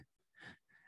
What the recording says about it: My red-nosed pit bull over there. If you can hear him snoring, if you hear any weird noises, that's him snoring. Fearless.